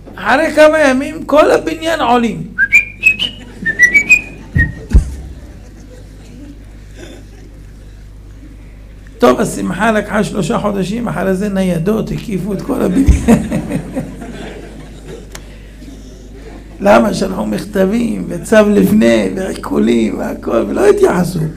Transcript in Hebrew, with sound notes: אחרי כמה ימים כל הבנין עולים, (צחוק בקהל) טוב, השמחה ארכה 3 חודשים אחרי זה ניידות הקיפו את כל הבנין. (צחוק בקהל) למה? שלחו מכתבים וצו לפני ועיקולים ולא התיחסו